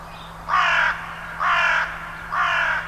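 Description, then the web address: Bird cawing: three harsh, raspy caws, evenly spaced about one second apart, with a faint steady hum underneath. "cianscape birddata Deverinetal 2025 Bird Only"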